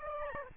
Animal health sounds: mosquito wingbeat signal from an infrared sensor; Aedes albopictus

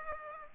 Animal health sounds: mosquito wingbeat signal from an infrared sensor; Aedes aegypti

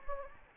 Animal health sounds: mosquito wingbeat signal from an infrared sensor; Anopheles gambiae

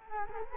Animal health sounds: mosquito wingbeat signal from an infrared sensor; Culex quinquefasciatus

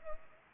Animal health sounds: mosquito wingbeat signal from an infrared sensor; Culex pipiens

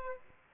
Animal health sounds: mosquito wingbeat signal from an infrared sensor; Aedes aegypti

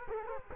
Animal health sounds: mosquito wingbeat signal from an infrared sensor; Culex quinquefasciatus

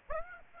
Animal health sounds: mosquito wingbeat signal from an infrared sensor; Aedes aegypti

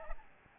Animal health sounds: mosquito wingbeat signal from an infrared sensor; Aedes albopictus

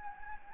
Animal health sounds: mosquito wingbeat signal from an infrared sensor; Anopheles gambiae

